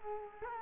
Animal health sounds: mosquito wingbeat signal from an infrared sensor; Culex quinquefasciatus

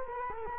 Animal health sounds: mosquito wingbeat signal from an infrared sensor; Culex quinquefasciatus

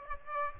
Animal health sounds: mosquito wingbeat signal from an infrared sensor; Aedes aegypti

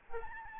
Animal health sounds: mosquito wingbeat signal from an infrared sensor; Aedes albopictus

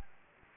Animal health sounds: mosquito wingbeat signal from an infrared sensor; Anopheles gambiae

